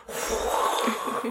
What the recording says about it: You'll probably hear throughout this podcast me coughing. And I sound like 80-year-old. You can hear the mucus in me getting dislodged as I cough. I'm not sick or anything. It's just a cough.